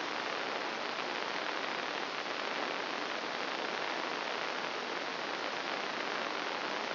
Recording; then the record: brain microelectrode recording played as sound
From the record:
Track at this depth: inside the subthalamic nucleus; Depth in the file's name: 0.209 mm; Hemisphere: right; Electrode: 2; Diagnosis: Parkinson's disease